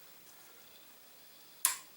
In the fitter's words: clicks and that little detent pin is gonna pop out boom